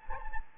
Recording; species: mosquito wingbeat signal from an infrared sensor; Anopheles gambiae